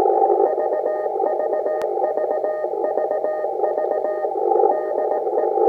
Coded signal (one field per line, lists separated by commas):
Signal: Morse code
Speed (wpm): 18 wpm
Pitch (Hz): 1850 Hz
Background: radio noise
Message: VVVVV DE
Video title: 4X4SIX BEACON 50mhz 20/8/2016 RCV WITH ICOM IC-7300